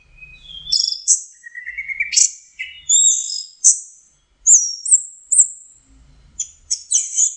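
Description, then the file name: Orange-headed thrush song, a varied run of high whistles, sliding notes and sharp chips with short pauses between phrases. Masteran song used for training kept birds. "suara masteran anis merah"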